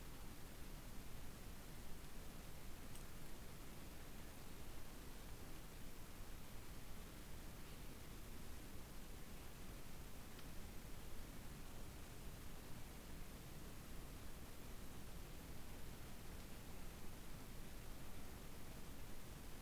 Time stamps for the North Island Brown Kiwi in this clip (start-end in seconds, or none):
none